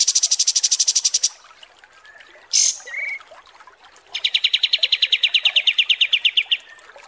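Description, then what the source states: Kapas tembak song: a fast high pulsed trill, then a brief loud buzzy note and short whistle, followed by a long run of quick repeated chirps. Masteran training recording used to tutor cage birds, described as a deluxe version.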